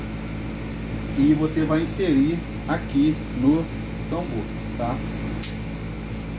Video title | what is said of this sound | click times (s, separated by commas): como é a prova de desmontagem e montagem de primeiro escalão do revolver na pf | ele dá um cliquezinho, tá? Ele deu um cliquezinho. | 5.4 s